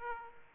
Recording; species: mosquito wingbeat signal from an infrared sensor; Aedes aegypti